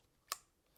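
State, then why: Seated. A plastic clip-on clamp is pressed onto a small portable selfie ring light and snaps into place with one sharp click at 0.3 s. A much fainter tick follows near 0.8 s, and the clip is seated.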